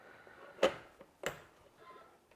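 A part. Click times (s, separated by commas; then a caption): 1.3 s. A scanner's quick-release mount is placed onto the tripod base and pressed down until it locks into place. A sharp broadband knock at about 0.6 seconds is followed by the crisp lock click at 1.3 seconds, with faint handling noise around it. The mount is seated.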